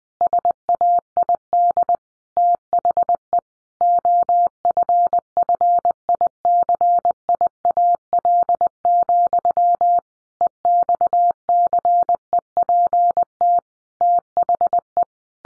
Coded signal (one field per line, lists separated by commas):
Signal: Morse code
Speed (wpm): 19 wpm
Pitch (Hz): 700 Hz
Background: none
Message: SAID THE OFFICIAL, EXCEPT THE